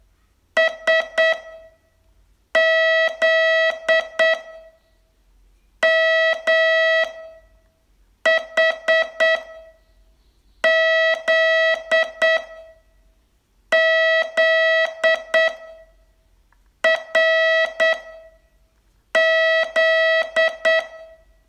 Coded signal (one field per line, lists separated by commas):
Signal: Morse code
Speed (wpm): 8 wpm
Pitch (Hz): 650 Hz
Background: none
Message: S Z M H Z Z R Z